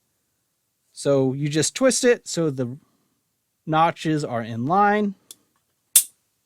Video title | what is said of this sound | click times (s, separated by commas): Gras Rifle Bolt Disassembly and Reassembly | and will snap into place you might want to do that while holding it down still but | 6.0 s